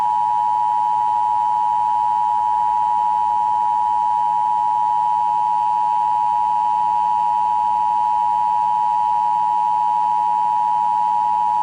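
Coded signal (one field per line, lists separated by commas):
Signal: Emergency Alert System (SAME) tones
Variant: 853 and 960 Hz attention tone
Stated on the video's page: Emergency Broadcast System test aired during a 1992 TV newscast, digitized from VHS tape.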